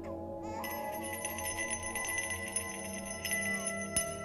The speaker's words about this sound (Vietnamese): Ông cụ Thiết tiến tới, rút từ trong tay áo ra cái chuông nhỏ bằng đồng đen. Ông cụ giơ cao cái chuông, lắc lên mấy tiếng.